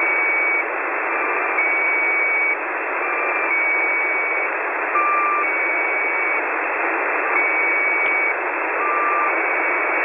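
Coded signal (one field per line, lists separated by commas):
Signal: channel marker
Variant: Squeaky Wheel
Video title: The Squeaky Wheel at 3828.00 kHz via Utwente Web SDR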